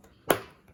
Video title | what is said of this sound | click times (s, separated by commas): Easy Prusa Face Shield tutorial! | clicks into place and that part is just as easy as that okay | 0.3 s